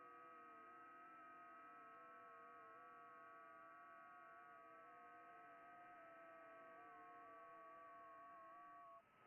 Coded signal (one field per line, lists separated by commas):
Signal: FT8